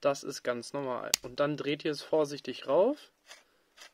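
A 3D-printed plastic wheel is being handled on the connector hub of a small robot tank chassis, where it is meant to be carefully twisted until a protruding nose at the front locks it in place so it spins freely. Someone talks throughout, with a few faint handling sounds at the end. Nothing has seated or clicked yet.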